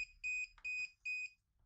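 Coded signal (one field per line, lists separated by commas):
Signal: none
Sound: vacuum robot power beeps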